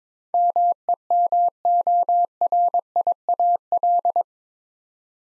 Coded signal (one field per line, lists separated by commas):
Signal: Morse code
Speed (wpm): 22 wpm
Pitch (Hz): 700 Hz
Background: none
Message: MEMORIAL